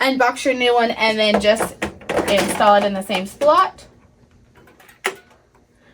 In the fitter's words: once you hear it click then you know it's installed securely and you can shut your front hatch